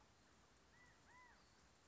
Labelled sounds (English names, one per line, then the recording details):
California Quail
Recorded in Sonoma County, California